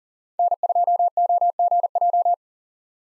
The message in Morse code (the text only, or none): N2OGJ